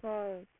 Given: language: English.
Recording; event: throat vibration sensor signal played as sound; speech